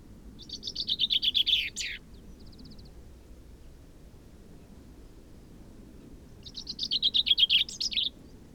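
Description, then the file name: Common chaffinch singing two full phrases about five seconds apart, each a rattling, descending trill that ends in a sharp flourish; a brief faint series of notes sounds between them. "Fringilla coelebs"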